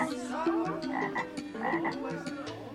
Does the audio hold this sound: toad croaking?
yes